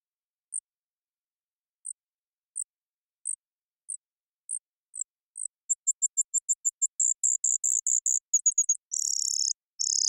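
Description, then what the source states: Brewer's sparrow song: thin, high, spaced notes speed up into a long rattling trill, then buzzy bursts. Several males singing or counter-singing in a high subalpine sagebrush meadow, Okanogan Mountains; sagebrush steppe bird of North America; mirthful, playful, bubbling voice; sings teetering on swaying sage stalk tips.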